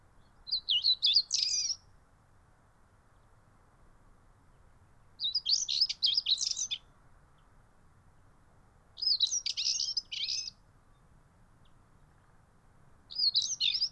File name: European Stonechat Male Singing At Kennemerduinen Noord Holland Netherlands